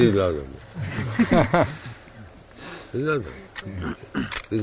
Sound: laughter

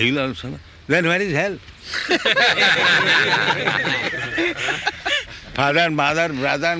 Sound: laughter

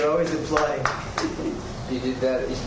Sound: claps

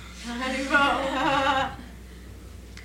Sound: laughter

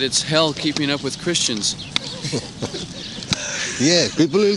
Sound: laughs

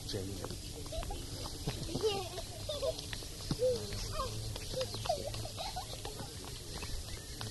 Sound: children playing and laughing, Jaya Śrīla Prabhupāda!

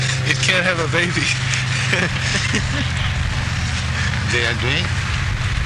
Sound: laughs

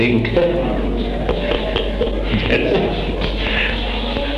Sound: laughter

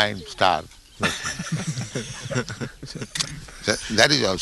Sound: laughter

